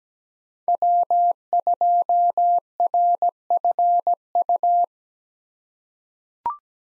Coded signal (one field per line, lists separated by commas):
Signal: Morse code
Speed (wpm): 17 wpm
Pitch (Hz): 700 Hz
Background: none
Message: W2RFU